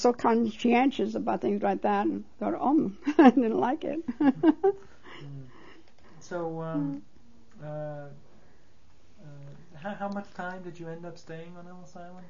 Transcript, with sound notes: I was so conscientious about things like that. And I didn't like it. (She laughs.)
So um, how much time did you end up staying on Ellis Island?